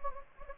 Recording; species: mosquito wingbeat signal from an infrared sensor; Anopheles gambiae